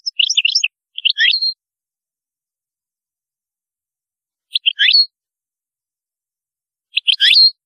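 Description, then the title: European goldfinch song in brief clipped bursts of chirps, repeated at intervals of a few seconds. "Chant Chardonneret"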